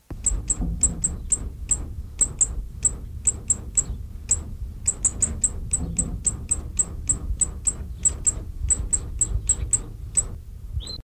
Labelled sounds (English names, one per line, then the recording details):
Hawfinch begging call
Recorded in captivity
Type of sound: begging call
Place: Zoo Gelsenkirchen, Nordrhein-Westfalen, DE
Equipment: Halbspur, 9,5 cm/s
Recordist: Lütgens, Hans
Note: Fast flügger Kernbeißer bettelt